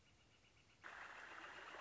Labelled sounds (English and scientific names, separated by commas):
Northern Flicker (Colaptes auratus)